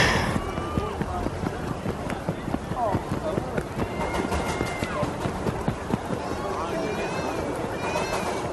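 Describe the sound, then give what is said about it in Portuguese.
Children run past with a steady patter of quick footsteps while high voices shout and call over a busy, continuous background din. “Puta que pariu, agora crianças passando, correndo, gritando.”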